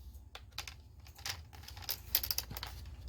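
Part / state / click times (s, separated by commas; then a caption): plastic screen bezel clips on laptop lid / released / 2.1 s, 2.3 s, 2.4 s. The plastic screen bezel on the lid of an Acer Chromebook CB3-111 Series (30-pin) is pried off its snap clips with a plastic opening tool. A quick series of sharp plastic clicks is heard at about 2.2, 2.3 and 2.4 seconds as the clips let go, and the bezel comes loose.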